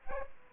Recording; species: mosquito wingbeat signal from an infrared sensor; Aedes aegypti